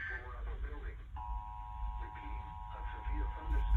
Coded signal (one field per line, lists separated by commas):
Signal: Emergency Alert System (SAME) tones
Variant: 853 and 960 Hz attention tone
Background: speech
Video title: 2x Severe T-Storm Warnings For Me [EAS #160 - #161]